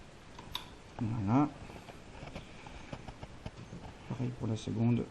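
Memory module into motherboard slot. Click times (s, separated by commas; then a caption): 0.5 s. A RAM memory module is pushed into its motherboard slot until the retaining clips snap shut, giving a sharp click at 0.6 s, with a faint tick just before it. The module is seated. Someone then talks while moving on to the second stick.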